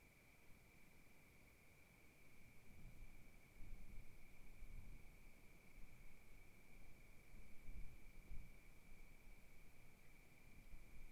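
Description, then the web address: Steady high cricket trill running the whole way through, as wind gusts swell and ease underneath. Wild crickets recorded at night at Kiger Lookout, Oregon, in 2015, in wilderness, with gentle wind gusts. "Sonniss com - GDC 2018-Game Audio Bundle Discover Oregon - Wilderness Crickets Crickets 2015 Kiger Lookout Night Crickets Gusts Gentle"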